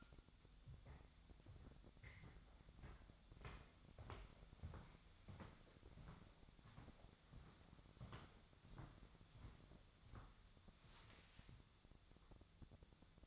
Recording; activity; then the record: daily activity, microphone in the room; walk to room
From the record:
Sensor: 3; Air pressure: 999.9 hPa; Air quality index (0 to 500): 119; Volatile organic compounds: 2 ppm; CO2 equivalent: 1075 ppm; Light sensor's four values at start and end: 40/98/43/48 and 39/94/42/46